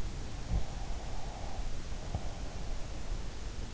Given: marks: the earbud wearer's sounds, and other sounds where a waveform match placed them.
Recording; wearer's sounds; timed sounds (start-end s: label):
sounds in sleep by an in-ear microphone; breath
0.49-3.32 s: breath